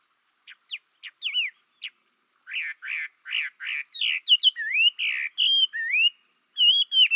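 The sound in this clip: Chinese hwamei song: a varied, loud run of clipped notes, buzzy bursts and rich slurred whistles that swoop up and down, with no other sounds.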